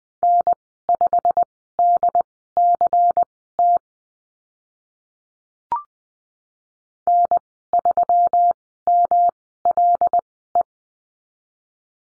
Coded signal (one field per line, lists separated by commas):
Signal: Morse code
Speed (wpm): 20 wpm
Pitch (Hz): 700 Hz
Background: none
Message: N5DCT N3MLE